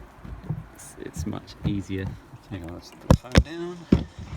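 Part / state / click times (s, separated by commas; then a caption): lid onto 25 litre plastic container / not seated / none. A plastic lid is being pressed onto a 25 litre plastic container used as a worm bin, with a few sharp hits heard while someone talks. The lid is only being handled here and has not yet snapped shut or seated.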